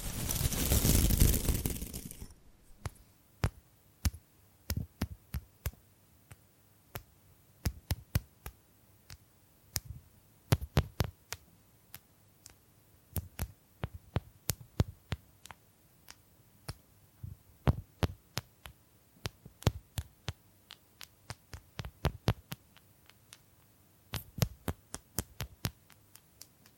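Bamboo is brushed in a brief loud scratchy rush, then tapped in sharp, dry clicks that come irregularly, sometimes in quick clusters, over low hum.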